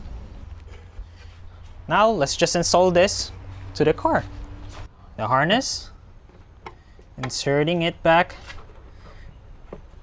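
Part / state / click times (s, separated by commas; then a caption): wiring harness connector into taillight assembly / seated / 6.7 s. On a 2010 VW Tiguan, a wiring harness connector is pushed back into the rear taillight assembly while someone talks. A short, sharp click at 6.7 s marks the connector seating, confirming it is locked in place.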